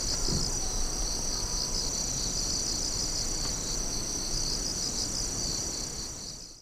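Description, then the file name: Insects singing a constant high-pitched pulsing trill, with a faint brief lower click early on; the sound fades out at the very end. "singing of insect"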